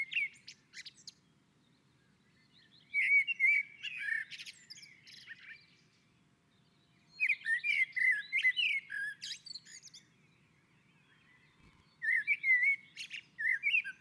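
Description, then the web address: Common blackbird song in several phrases, each a low fluting warble trailing into scratchy high twitters, with quiet gaps of a few seconds between them. On a roof. "Naturinspelningar Koltrast på taket"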